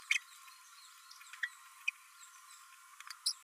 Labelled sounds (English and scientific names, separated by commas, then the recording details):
Green-rumped Parrotlet (Forpus passerinus) babbling
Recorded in a nest box in Venezuela
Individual 18B12A1